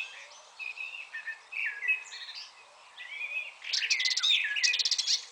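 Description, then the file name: Eurasian blackcap song: soft, varied warbled phrases with short gaps, ending in a louder, rapid burst of bright fluty and twittering notes. "Sylvia atricapilla"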